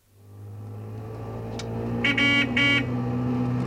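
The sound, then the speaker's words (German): A small two-stroke car engine drones steadily with a low, buzzing hum, then its horn gives two short, nasal honks in quick succession over the running motor. “Fahr doch nicht wie so ein Diplomatenauto. So ein Zweitakter musst du jahren, ey.”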